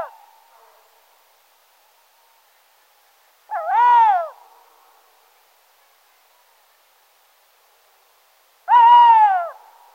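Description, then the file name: Tawny owl calling: after the tail of an earlier call, two arching notes, each under a second long, about five seconds apart against silence. "Chouette hulotte"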